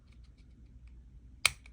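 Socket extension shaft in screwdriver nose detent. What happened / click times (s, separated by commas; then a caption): The sliding shaft snapped into its detent position / 1.5 s. The metal socket extension shaft of a Klein 8-in-1 Stubby Spin Driver is pulled further out of the screwdriver's nose until its detent snaps into the last groove, locking it in the longest position. Faint ticks precede a sharp, bright metallic click at 1.5 s, followed by a softer tick about 0.2 s later. The extension is seated at its longest position.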